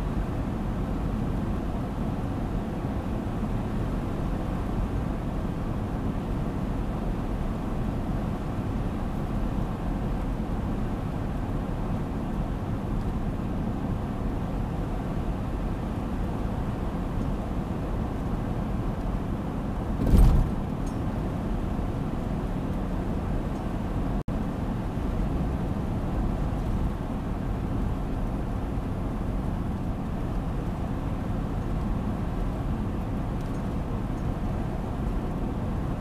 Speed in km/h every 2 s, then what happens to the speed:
92, 90, 91, 91, 91, 90, 91, 90, 90, 90, 90, 90, 91, 90, 90, 91, 90, 91.
0-36 steady at about 90.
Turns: none.